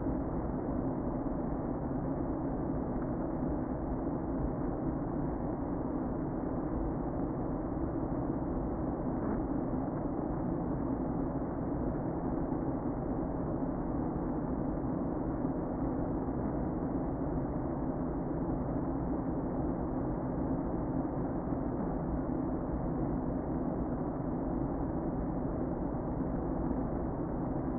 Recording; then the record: honeybee colony, microphone inside the hive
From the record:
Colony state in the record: queen present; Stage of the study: before two queens were removed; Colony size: about 60,000 bees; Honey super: yes